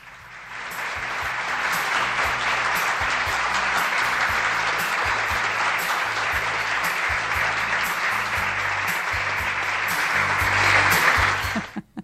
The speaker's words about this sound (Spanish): Esta radio 102.9 te dedica este hermoso aplauso.